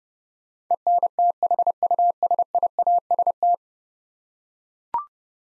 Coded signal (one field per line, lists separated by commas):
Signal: Morse code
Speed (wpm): 30 wpm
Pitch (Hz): 700 Hz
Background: none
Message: ENTHUSIAST